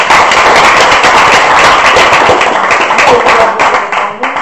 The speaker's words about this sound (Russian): Хорошо, аплодисменты.